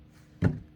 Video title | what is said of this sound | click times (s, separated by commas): Make a tree with me, finishing up part 2. | and push down and you'll hear it click and | 0.4 s